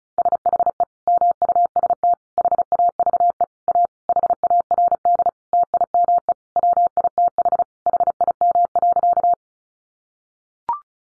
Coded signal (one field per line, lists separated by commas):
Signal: Morse code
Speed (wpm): 34 wpm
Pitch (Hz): 700 Hz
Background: none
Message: SHE MUST HAVE A HARD TIME WITH HIM.